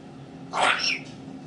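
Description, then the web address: Grey parrot giving a brief harsh, breathy vocal burst with a higher whistled tail, heard once against a soft background hum. A single parrot named Grig, talking. "a vot eto razgovarivaet odna pernataya skotina po imeni grig. parrots psittacus-erithacus"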